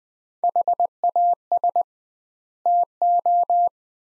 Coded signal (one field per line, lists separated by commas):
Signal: Morse code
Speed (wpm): 20 wpm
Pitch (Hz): 700 Hz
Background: none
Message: HAS TO